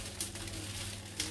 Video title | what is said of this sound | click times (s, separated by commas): 🍗🌿🌰 new WW Bag'n'Bake Garlic & Herb | you can hear it click | 0.2 s, 1.2 s